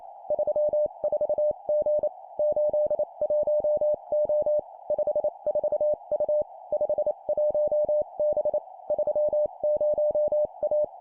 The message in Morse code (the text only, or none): 34G 81O 54U 51B 30A